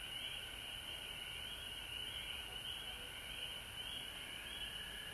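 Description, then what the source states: Many frogs giving rapid, high pulsed calls over a continuous trilling background, steady from start to end. Frog chorus recorded at home in Georgia on March 19, 2020.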